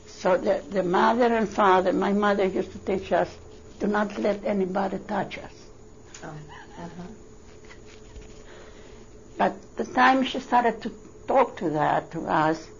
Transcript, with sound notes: The mother and father, my mother used to teach us do not let anybody touch us. ( she laughs ) But the time she started to talk that to us,